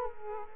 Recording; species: mosquito wingbeat signal from an infrared sensor; Culex quinquefasciatus